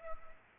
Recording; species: mosquito wingbeat signal from an infrared sensor; Culex pipiens